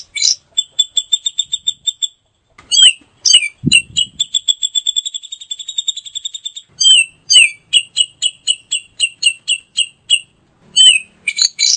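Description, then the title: Grey-cheeked bulbul giving rapid series of high double-toned chips in runs of varying length, broken by harsher squeaky notes and a brief low thump. Female. "Cucak Jenggot Betina"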